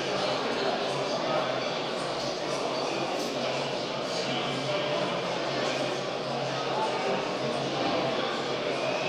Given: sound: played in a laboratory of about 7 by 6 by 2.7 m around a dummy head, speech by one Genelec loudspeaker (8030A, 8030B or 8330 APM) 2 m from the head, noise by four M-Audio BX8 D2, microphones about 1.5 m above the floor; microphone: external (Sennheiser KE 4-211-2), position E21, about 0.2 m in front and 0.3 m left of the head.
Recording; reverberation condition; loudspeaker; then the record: cafeteria noise; high; four, about 170 cm from the corners of the room and facing them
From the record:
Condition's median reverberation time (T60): about 1300 ms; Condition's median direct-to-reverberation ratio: about -4.0 dB